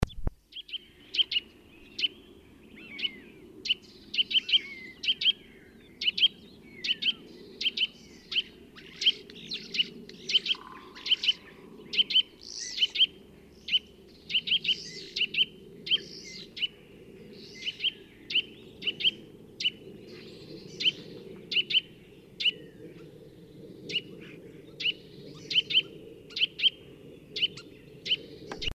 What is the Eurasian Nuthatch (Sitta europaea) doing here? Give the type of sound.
song